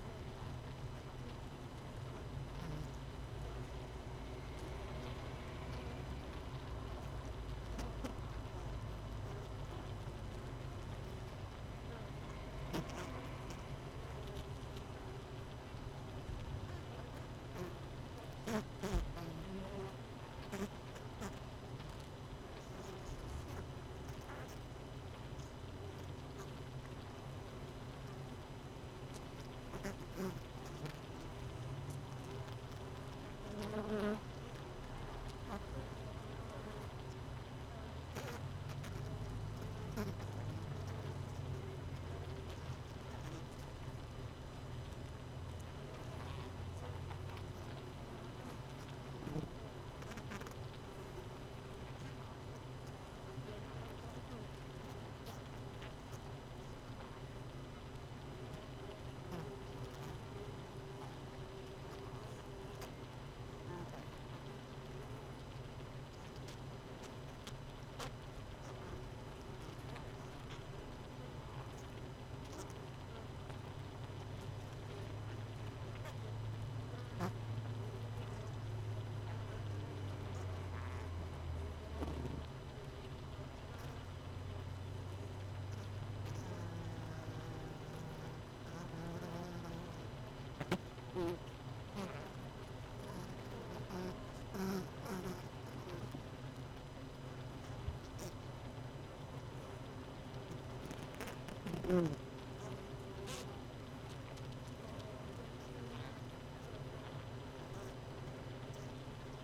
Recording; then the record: honeybee colony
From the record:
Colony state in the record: missing queen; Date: 31 May 2018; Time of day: 17:57